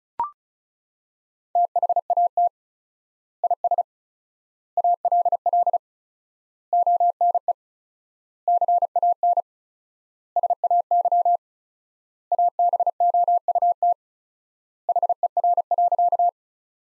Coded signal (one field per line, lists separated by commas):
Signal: Morse code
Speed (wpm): 34 wpm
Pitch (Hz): 700 Hz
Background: none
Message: THAT IS ALL ONE CAN SAY ABOUT HER.